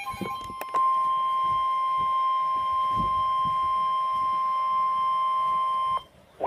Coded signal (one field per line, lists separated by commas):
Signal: Emergency Alert System (SAME) tones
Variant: 1050 Hz attention tone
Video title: (DOUBLE HEADER) Severe T-Storm Watch #499 and Severe T-Storm Warning! (10/20/16) (EAS #92-93)